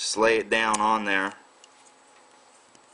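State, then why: Not seated. Someone talks while the LCD screen flex cable connector of a BlackBerry 9650 is laid down and lined up over its socket on the phone mainboard, ready to be pressed home. After the talking stops at about 1.3 s, the clip is quiet apart from two faint short ticks near 1.6 s and 2.8 s. Nothing has seated or clicked yet.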